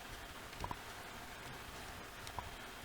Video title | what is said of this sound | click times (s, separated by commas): i5 10600K Office PC Build Guide | and it will just click into place. Make sure that both sides click down firmly, | 0.6 s, 0.7 s, 2.4 s